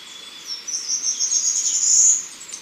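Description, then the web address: Choco Warbler giving one sustained high, thin trill that swells in loudness and then fades, over a soft background hiss. Recorded in Ecuador. "Birds of Ecuador. Choco Warbler"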